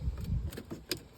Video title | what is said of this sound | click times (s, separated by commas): 2g Eclipse Center A/C Vent replacement | Snap the tabs | 0.9 s